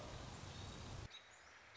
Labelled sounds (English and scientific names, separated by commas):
American Robin (Turdus migratorius)